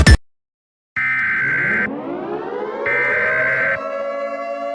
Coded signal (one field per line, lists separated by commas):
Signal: Emergency Alert System (SAME) tones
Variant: header bursts